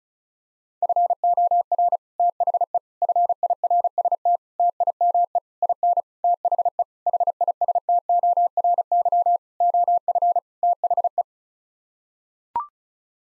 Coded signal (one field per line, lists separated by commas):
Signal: Morse code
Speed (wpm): 36 wpm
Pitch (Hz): 700 Hz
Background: none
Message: FOR THE FIRST TIME IN THE HISTORY OF THE